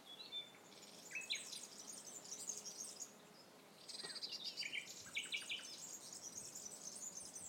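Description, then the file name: Common nightingale singing high, varied phrases, including quick repeated chips and short whistled notes. Recorded in 2016. "nachtigall 2016"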